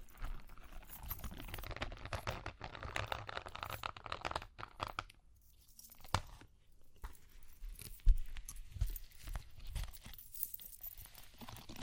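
Tapping and scratching sounds, as in ear cleaning, come in a busy, uneven stream of small crackly clicks. The first four seconds are densest, then it thins with brief pauses, sharper taps near 6 and 8 seconds, and a soft low rumble underneath.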